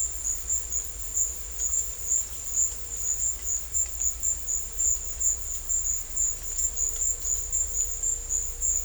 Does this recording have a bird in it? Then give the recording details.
no. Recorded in dense forest near Puerto Asís, Putumayo, Colombia, on 16 December 2024 at 14:00. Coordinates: 0.500, -76.322. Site G053